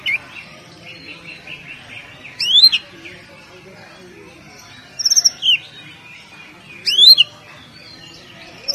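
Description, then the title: Oriental magpie-robin song: loud rising whistled sweeps with sharp upslurred notes, phrases returning every few seconds over a faint steady background. "Kacer"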